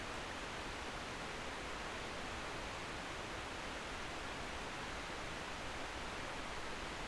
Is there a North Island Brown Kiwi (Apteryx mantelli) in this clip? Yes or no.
no